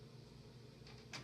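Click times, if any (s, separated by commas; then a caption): 1.1 s. A small clip of a cross-country ski binding is pressed down onto the ski so it clips into the mount. A faint scrape at about 0.9 s is followed by a sharp snap at 1.1 s as the clip seats into place.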